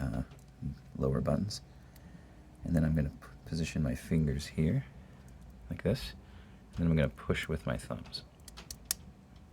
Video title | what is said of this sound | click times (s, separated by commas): Tutorial: Game Bird Assembly | until it clicks all the way in. | 8.9 s